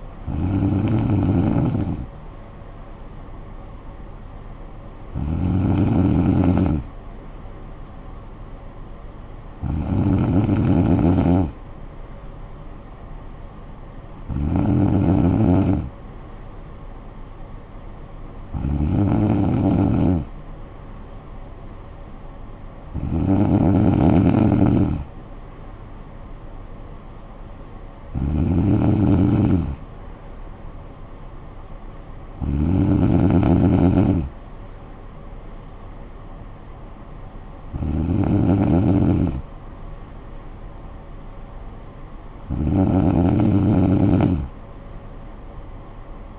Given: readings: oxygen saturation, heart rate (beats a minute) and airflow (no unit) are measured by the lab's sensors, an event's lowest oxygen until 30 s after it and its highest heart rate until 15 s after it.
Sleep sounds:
breathing in sleep by a smartphone at the bedside; none
none scored
From the record:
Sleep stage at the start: N2 (light sleep); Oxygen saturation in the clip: 95%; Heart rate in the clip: 52 to 56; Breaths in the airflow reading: 10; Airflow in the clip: -9.4 to 6.6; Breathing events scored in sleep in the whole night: 445 in 7.6 hours asleep

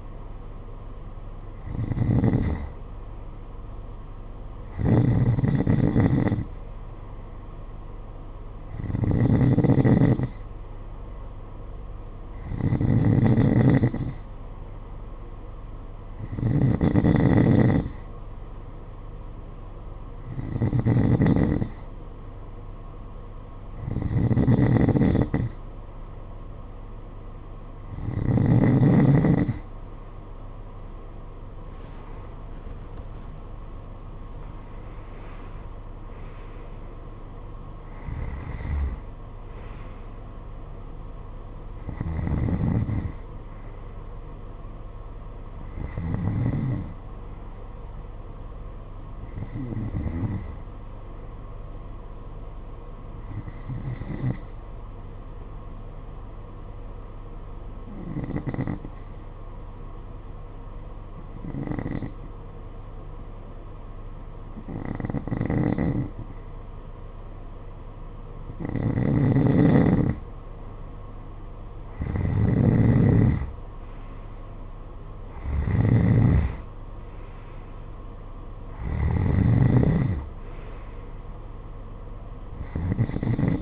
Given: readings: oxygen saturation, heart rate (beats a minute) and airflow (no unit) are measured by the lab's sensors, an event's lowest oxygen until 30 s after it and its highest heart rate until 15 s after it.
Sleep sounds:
breathing in sleep by a smartphone at the bedside; 2
12.00-32.00 s: hypopnea (N2, oxygen 92% highest, then 91% lowest, heart rate 54 at the start, 59 highest)
39.00-69.00 s: new sleep stage, N1 (lightest sleep)
54.00-70.90 s: hypopnea (N1, oxygen 94% highest, then 89% lowest, heart rate 49 at the start, 60 highest)
69.00-83.62 s: new sleep stage, N2 (light sleep)
From the record:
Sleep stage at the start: N2 (light sleep); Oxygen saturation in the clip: 90 to 94%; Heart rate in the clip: 49 to 60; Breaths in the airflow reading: 22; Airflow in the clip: -11.6 to 10.6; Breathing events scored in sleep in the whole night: 476 in 9.7 hours asleep

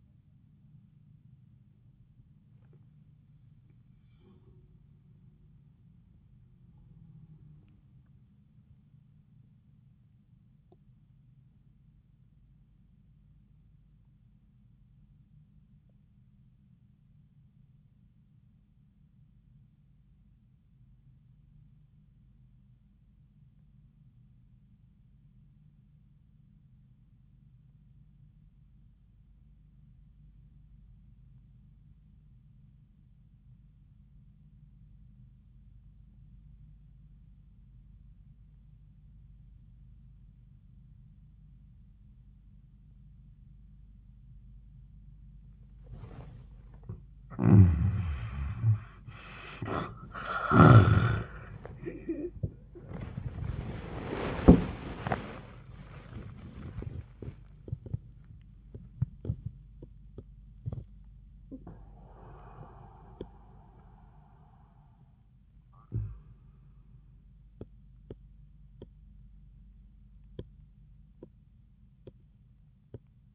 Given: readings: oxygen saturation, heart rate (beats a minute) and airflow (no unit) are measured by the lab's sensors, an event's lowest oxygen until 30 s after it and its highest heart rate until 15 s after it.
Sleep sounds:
breathing in sleep by a smartphone at the bedside; 1
8.00-46.70 s: obstructive apnea (N1, oxygen 96% highest, then 61% lowest, heart rate 71 at the start, 96 highest)
13.00-43.00 s: new sleep stage, REM sleep
43.00-73.35 s: new sleep stage, N1 (lightest sleep)
From the record:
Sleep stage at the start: N1 (lightest sleep); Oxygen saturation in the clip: 60 to 96%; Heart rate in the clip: 57 to 100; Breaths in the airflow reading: 5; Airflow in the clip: -37.4 to 32.5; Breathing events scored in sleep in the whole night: 400 in 8.7 hours asleep

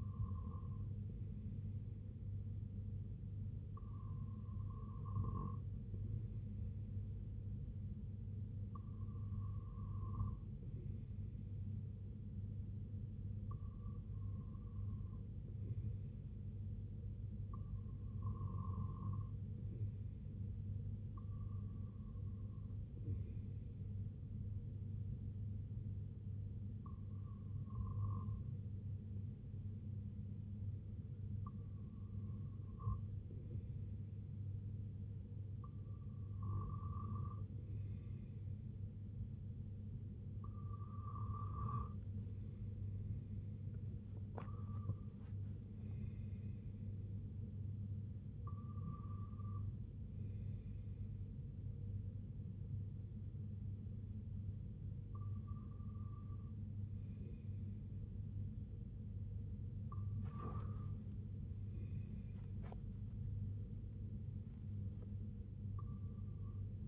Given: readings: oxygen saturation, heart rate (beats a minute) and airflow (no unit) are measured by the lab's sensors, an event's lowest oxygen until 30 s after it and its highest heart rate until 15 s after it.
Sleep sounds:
breathing in sleep by a smartphone at the bedside; none
none scored
From the record:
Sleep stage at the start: REM sleep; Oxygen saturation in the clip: 94 to 97%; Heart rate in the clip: 59 to 79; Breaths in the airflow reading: 15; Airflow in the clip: -7.9 to 5.0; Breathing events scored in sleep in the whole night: 258 in 7.4 hours asleep

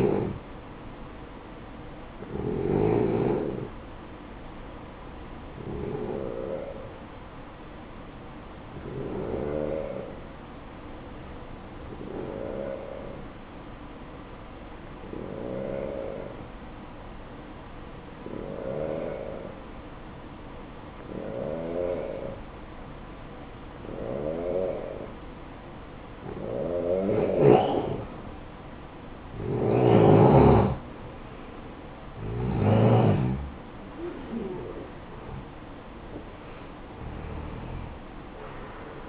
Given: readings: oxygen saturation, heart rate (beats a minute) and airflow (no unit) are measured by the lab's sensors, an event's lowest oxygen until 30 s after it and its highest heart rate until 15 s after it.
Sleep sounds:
breathing in sleep by a voice recorder at the bedside; 1
6.00-28.70 s: hypopnea (N2, oxygen 92% highest, then 89% lowest, heart rate 62 at the start, 68 highest)
27.00-39.09 s: new sleep stage, N1 (lightest sleep)
From the record:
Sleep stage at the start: N2 (light sleep); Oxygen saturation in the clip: 91 to 92%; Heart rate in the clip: 55 to 68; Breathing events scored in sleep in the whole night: 573 in 9.8 hours asleep

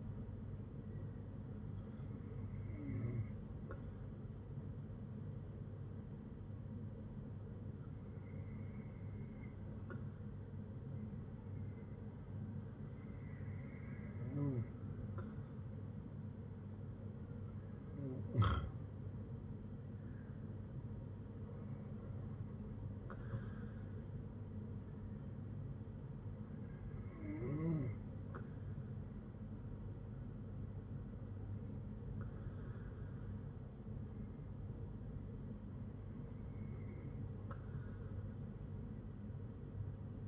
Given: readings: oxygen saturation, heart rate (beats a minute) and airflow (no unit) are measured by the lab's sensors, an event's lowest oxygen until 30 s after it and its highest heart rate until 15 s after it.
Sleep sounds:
breathing in sleep by a smartphone at the bedside; none
none scored
From the record:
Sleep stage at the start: N2 (light sleep); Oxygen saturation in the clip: 94 to 95%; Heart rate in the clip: 57 to 72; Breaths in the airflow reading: 8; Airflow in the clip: -7.4 to 7.2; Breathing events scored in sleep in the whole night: 182 in 7.4 hours asleep

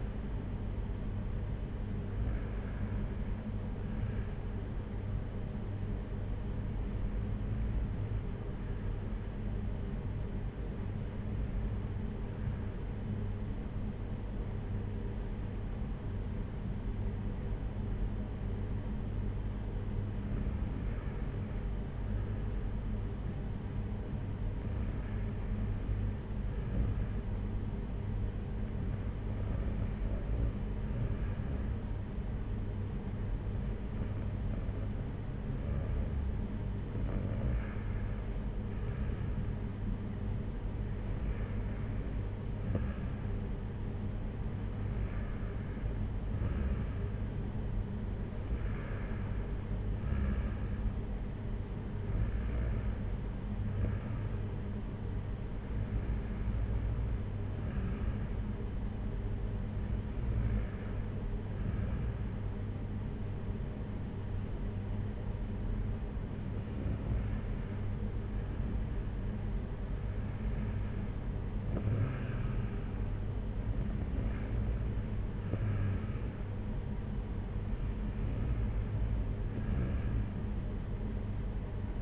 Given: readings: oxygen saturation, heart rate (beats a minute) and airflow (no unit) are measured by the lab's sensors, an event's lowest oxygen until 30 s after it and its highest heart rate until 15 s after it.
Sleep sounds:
breathing in sleep by a smartphone at the bedside; 1
7.00-37.90 s: hypopnea (REM, oxygen 96% highest, then 93% lowest, heart rate 57 at the start, 61 highest)
From the record:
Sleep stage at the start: REM sleep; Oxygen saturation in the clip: 87 to 96%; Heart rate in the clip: 54 to 63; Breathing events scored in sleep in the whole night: 226 in 8.8 hours asleep

